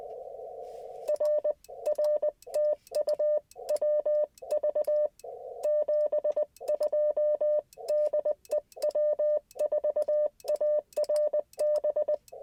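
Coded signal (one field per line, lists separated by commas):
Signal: Morse code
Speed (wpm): 20 wpm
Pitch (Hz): 600 Hz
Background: none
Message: R R TU WV 72 DE W4ARB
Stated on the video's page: Slow-paced QRP CW Parks on the Air activation in a national forest using an IC-705 and ATAS antenna.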